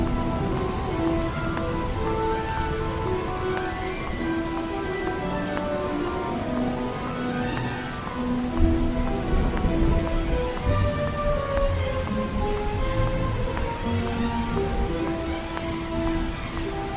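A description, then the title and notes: Steady, dense rain hisses throughout while slow, sustained music notes drift over it, changing pitch every second or so. Around the middle a low rumble swells and the sound grows slightly louder, then settles back under the rain and music. Music, rain, thunder.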